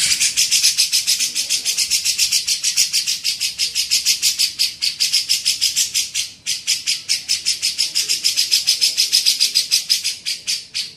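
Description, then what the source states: Grey-cheeked bulbul giving a long, almost unbroken stream of fast buzzy pulses, with one brief break midway. Used for training songbirds (masteran).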